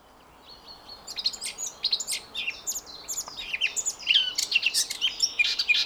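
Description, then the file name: Eurasian blackcap song builds from quiet chirps into a loud, fast, varied warble of twittering and whistled notes lasting until the end. "Sylvia atricapilla"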